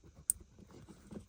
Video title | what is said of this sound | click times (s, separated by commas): Sorento not coming out of park, diagnostics | You just push it in and you should hear a click, | 0.3 s